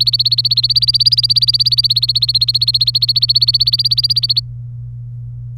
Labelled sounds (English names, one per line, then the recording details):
Domestic Canary song
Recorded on 26 April 2018 at 14:55
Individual llb3